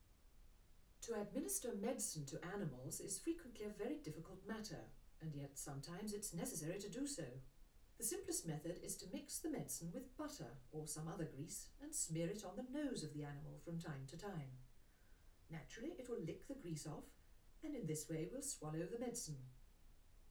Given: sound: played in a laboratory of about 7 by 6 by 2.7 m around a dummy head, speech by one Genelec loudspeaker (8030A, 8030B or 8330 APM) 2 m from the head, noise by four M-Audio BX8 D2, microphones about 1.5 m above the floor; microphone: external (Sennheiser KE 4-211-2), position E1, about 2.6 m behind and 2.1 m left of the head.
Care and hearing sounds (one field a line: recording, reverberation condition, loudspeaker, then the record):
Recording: female speech in English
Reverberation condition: low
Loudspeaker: 30 degrees to the right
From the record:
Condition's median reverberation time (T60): about 310 ms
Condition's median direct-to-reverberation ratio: about 3.5 dB